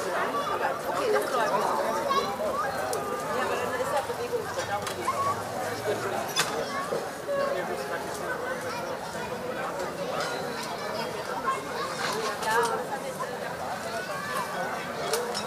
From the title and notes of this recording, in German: Berliner Abendämmerung. Entführt dich an einem Freitagabend zur "Stralauer Bucht".